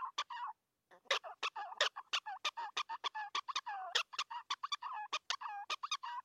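Prairie dog chirping calls: rapid sharp barks and a few longer wavering notes, with a half-second silence near the start.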